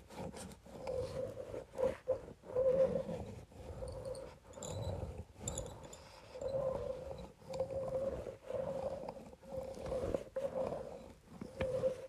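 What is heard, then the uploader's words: A facial roller rubs over paper in steady low, grainy strokes with a faint whining tone, broken by brief pauses and occasional crisp ticks. Facial Roller on Paper.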